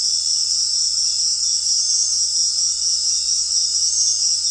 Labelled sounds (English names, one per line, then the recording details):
none
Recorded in dense forest near Puerto Asís, Putumayo, Colombia, on 9 March 2025 at 18:30
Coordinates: 0.499, -76.324
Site GP03